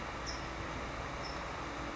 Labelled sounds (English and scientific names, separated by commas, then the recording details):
California Towhee (Melozone crissalis)
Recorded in Sonoma County, California